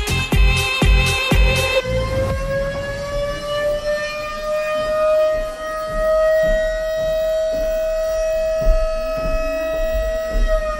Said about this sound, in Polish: To teraz przemierzamy teren i ruszamy za dźwiękiem. Co to za syrena? Syrena jest z projektu Michała Patyckiego, kuratorem jest Michał Szlaga. To projekt Słońce.